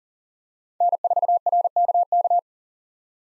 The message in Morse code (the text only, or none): N4RKK